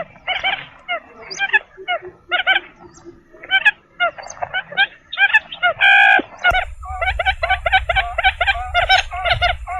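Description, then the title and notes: Bird calls, rapid nasal harmonic notes in quick bursts, some clipped and overlapping, broken by a brief loud burst before a steady low hum joins the calling. Lure calls to attract stubborn birds that are hard to approach. "Suara Burung Bandel Yang Susah Mendekati. Suara Pikat Burung"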